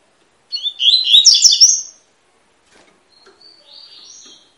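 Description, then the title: Double-collared seedeater song: one bright rapid twittering phrase followed by a softer, thin high warble after a short pause. Tui-tui song style, fibra, of a bird used as a song teacher ('professor') for young birds. "COLEIRO TUI TUI FIBRA CANTO PROFESSOR"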